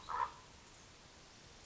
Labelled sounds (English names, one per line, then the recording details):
Common Raven
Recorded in Sonoma County, California